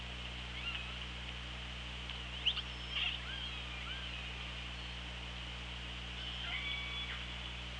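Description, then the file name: Killer whale calls underwater, faint tonal sweeps rising and falling near the middle and again toward the end, over a steady hiss and low hum. Recorded on an OrcaLab hydrophone, 24 August 2017 at 15:49. "Orca Lab UTLN JASON 20170824 154929"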